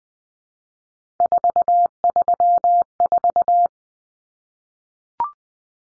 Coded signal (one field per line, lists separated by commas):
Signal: Morse code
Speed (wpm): 20 wpm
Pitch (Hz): 700 Hz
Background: none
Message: 434